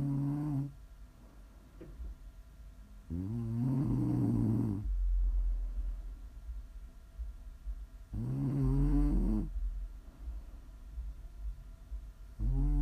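Loud, buzzy, voiced ASMR snores from an adult sleeper recur on inhalation about every four seconds, roughly 16 a minute, with quiet breathing between.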